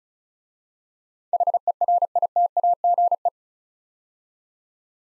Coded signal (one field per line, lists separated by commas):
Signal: Morse code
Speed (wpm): 34 wpm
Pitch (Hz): 700 Hz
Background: none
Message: HERITAGE